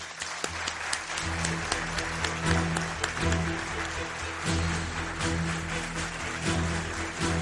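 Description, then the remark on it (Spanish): An audience at a history and mystery congress in San Pedro del Pinatar applauds steadily for several seconds, a dense, loud wash of many hands clapping with no pause, a low hum running underneath throughout. “y que nos están escuchando solo por la radio, sepan todo el calor humano que tenemos aquí, yo pido para todos vosotros y para todos los que nos escuchan un fuerte aplauso.”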